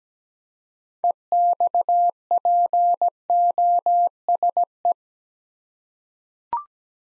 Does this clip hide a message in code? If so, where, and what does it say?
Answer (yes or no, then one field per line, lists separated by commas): yes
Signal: Morse code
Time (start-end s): 1.0-4.9 s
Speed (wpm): 17 wpm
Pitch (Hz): 700 Hz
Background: none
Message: EXPOSE